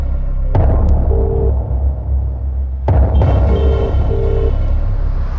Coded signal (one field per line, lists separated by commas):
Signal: telephone call progress tone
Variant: UK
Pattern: ringback tone